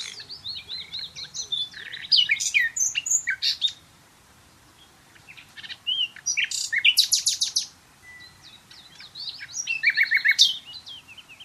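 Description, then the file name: Common nightingale with three energetic song phrases of rapid chirps, loud repeated notes and trills, short pauses between them. "Luscinia megarhynchos"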